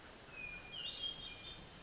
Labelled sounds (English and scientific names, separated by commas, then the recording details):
Hermit Thrush (Catharus guttatus)
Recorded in Sonoma County, California